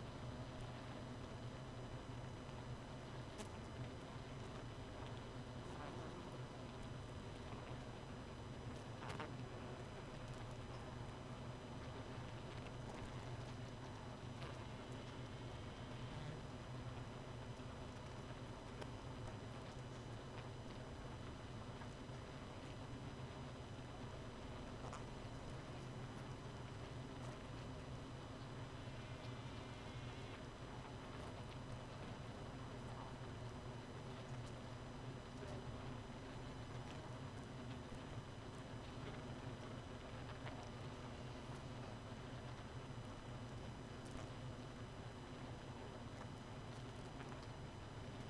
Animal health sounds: honeybee colony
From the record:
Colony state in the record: missing queen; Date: 31 May 2018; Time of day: 2:07

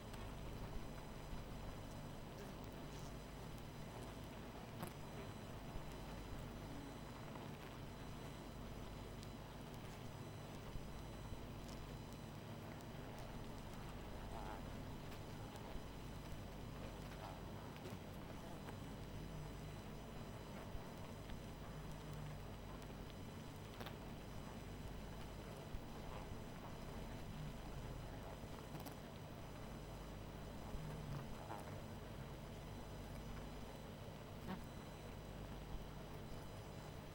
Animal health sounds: honeybee colony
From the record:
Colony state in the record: missing queen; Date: 14 July 2017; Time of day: 22:24

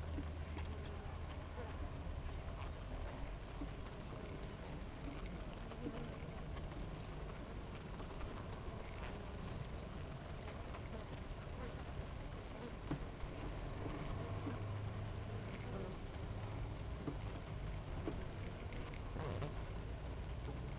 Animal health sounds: honeybee colony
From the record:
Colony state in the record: active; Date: 28 July 2017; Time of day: 7:43

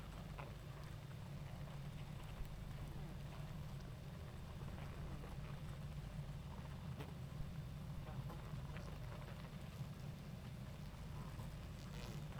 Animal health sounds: honeybee colony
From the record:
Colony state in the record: active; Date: 28 July 2017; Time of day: 20:35

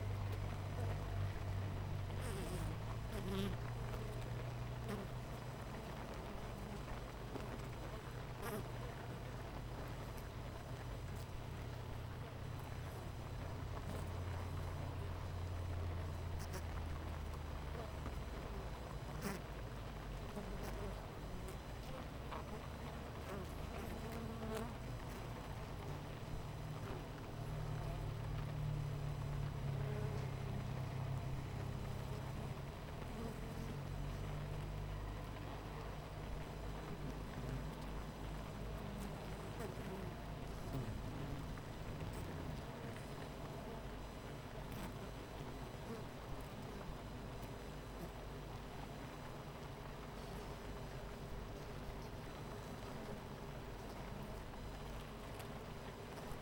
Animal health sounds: honeybee colony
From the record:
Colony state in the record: missing queen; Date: 14 July 2017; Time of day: 8:47

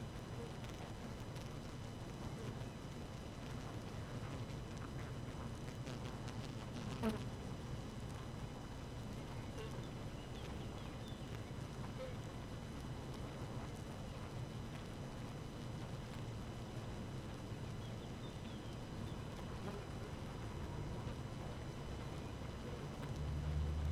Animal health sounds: honeybee colony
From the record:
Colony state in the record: active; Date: 12 June 2018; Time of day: 4:55

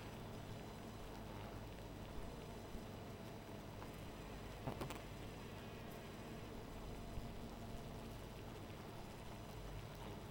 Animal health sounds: honeybee colony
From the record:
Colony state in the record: missing queen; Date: 14 July 2017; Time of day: 0:13

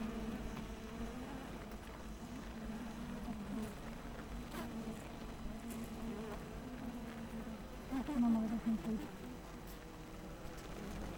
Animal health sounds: honeybee colony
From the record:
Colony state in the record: missing queen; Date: 14 July 2017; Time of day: 7:28

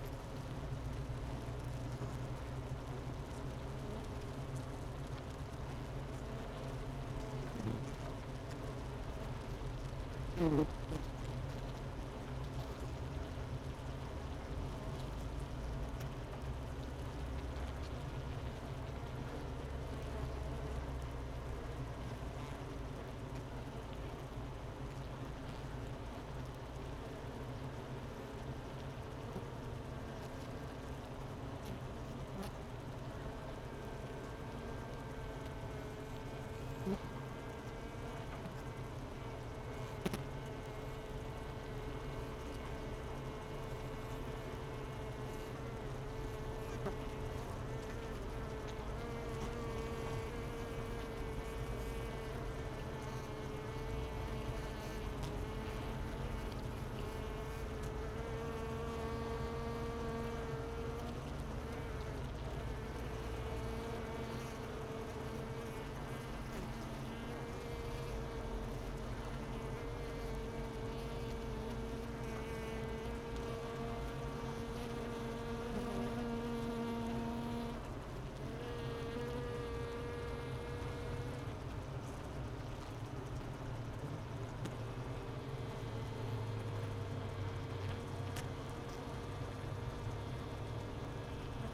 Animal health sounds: honeybee colony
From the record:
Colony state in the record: missing queen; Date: 31 May 2018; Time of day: 10:53

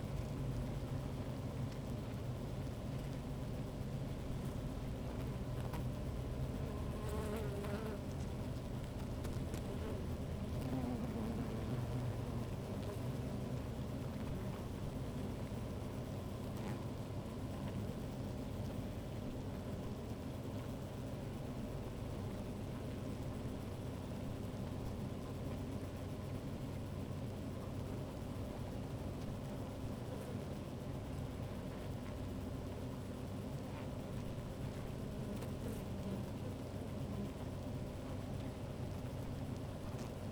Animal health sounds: honeybee colony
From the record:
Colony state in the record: active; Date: 28 July 2017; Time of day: 15:00

